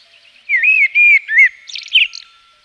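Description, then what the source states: Common blackbird song: three clear, drawn-out fluted whistles followed by a burst of thin, rapid high twittering. Recorded in Provence.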